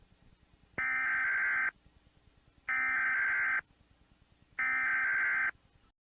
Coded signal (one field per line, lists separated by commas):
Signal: Emergency Alert System (SAME) tones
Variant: header bursts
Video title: EAS MOCK 14: AMBER ALERT FOR LOS ANGELES CA